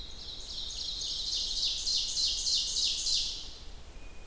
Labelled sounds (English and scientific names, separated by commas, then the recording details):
Ovenbird (Seiurus aurocapilla) song
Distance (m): 30 m
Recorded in boreal forest in Alberta, Canada, on 29 June 2016 at 07:23
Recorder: SongMeter 3, array SBT-6-79
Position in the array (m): 274 m, 36 m
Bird 39